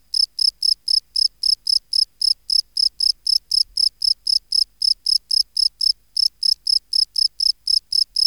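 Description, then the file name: Field cricket producing a fast, regular train of ringing chirps, with one brief pause toward the end. "Bio Acoustica Gryllus campestris"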